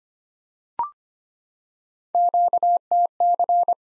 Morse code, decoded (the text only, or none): QTC